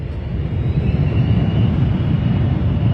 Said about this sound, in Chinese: 哎呀，这个飞机的隆隆声，我们降落在了，哎，这是哪个机场啊？